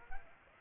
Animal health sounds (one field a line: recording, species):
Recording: mosquito wingbeat signal from an infrared sensor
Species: Aedes aegypti